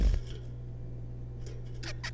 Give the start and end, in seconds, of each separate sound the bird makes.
1.83-1.92, 2.04-2.10